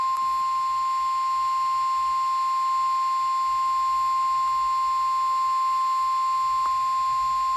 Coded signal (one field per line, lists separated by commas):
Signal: Emergency Alert System (SAME) tones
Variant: 1050 Hz attention tone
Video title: Eas svr on WXJ97 Eas#1433